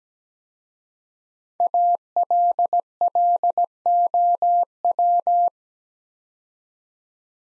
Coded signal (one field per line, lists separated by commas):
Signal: Morse code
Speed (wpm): 17 wpm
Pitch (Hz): 700 Hz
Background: none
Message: ALLOW